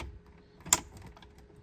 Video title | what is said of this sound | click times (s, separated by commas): Ford F-150/Expedition Digital Odometer Repair | and what you can do is just push up and it should click into place | 0.7 s